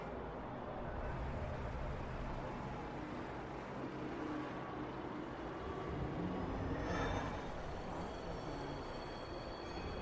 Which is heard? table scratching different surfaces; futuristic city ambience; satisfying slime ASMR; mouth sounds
futuristic city ambience